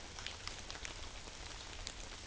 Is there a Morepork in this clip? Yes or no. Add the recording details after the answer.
no. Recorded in New Zealand on 11 September 2013. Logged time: 02:19. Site Ponui